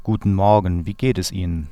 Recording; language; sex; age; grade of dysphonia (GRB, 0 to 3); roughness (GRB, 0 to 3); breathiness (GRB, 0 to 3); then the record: spoken sentence; German; male; 30 to 39 years; 0; 0; 0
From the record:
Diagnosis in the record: healthy voice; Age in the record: 34 years